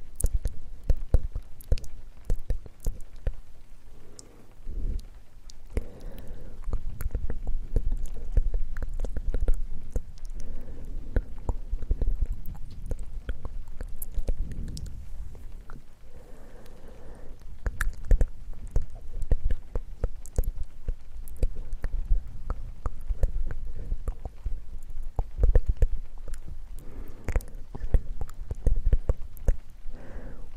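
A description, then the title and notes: Close, breathy unintelligible whispering with dense wet mouth clicks and soft tapping, deep low rumbles underneath, continuing steadily throughout. ASMR breathy unintelligible & mouth sounds, close up face touching.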